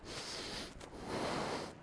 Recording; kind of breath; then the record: one breath in and out by a microphone near the nose and mouth; deep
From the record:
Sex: male